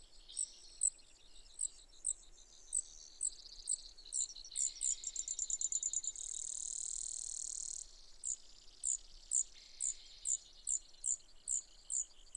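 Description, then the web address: Brewer's sparrow, high thin song, fairly faint: isolated sharp notes about twice a second, a quick trill, and a steady buzzy hum in the middle, over background hiss. "songs Brewer's Sparrow"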